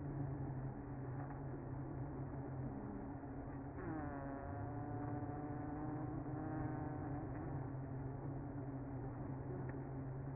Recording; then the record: honeybee colony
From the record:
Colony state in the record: active